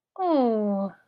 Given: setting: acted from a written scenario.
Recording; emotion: vocal sound without words; adoration